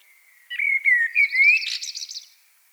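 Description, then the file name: Common blackbird's melodious whistled phrase, gently wavering up and down, overlapped by a fast, buzzy high twitter toward the end. "Turdus merula"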